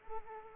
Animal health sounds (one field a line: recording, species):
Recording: mosquito wingbeat signal from an infrared sensor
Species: Anopheles arabiensis